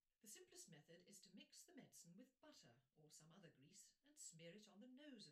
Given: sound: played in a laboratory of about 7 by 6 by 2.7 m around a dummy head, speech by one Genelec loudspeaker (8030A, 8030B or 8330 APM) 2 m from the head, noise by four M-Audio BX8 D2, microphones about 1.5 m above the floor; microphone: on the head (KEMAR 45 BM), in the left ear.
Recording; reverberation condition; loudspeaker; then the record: female speech in English; low; 30 degrees to the right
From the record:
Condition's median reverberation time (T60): about 310 ms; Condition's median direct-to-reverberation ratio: about 3.5 dB